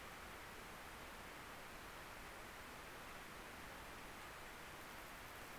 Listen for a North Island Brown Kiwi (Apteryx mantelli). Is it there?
no